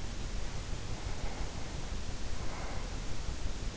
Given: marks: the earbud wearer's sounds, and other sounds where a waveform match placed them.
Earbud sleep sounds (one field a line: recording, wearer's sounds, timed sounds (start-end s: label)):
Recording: sounds in sleep by an in-ear microphone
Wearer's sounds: breath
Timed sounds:
0.99-3.26 s: breath